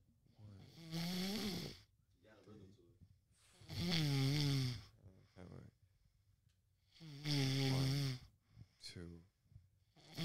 His snoring has some rhythm to it.